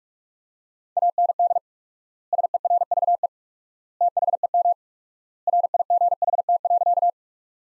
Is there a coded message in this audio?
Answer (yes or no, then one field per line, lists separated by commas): yes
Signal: Morse code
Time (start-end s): 1.0-7.1 s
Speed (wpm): 41 wpm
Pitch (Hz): 700 Hz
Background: none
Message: AND SERVE THEM RIGHT.